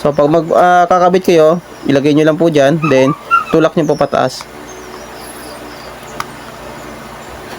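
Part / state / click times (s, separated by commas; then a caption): battery pack on a handheld two-way radio / not seated / none. Someone talks while a battery pack is being placed on an ABBREE AR-M3 handheld two-way radio and pushed upward. After the talking stops around 4.3 seconds, a quiet steady background remains, broken only by a brief sharp tick at 6.2 seconds. The battery pack has not yet seated or clicked into place.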